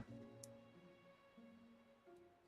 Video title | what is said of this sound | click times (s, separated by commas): 【IRL】 Having dranks and making robots! | Okay. kind of kind of clicks | 0.4 s